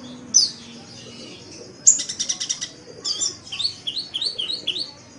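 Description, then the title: Oriental magpie-robin song: a sharp high note, then after a pause of about a second and a half a rapid varied run of buzzy trills, whistled slurs and clipped chirps, mostly very high-pitched. "Kicau Kacer"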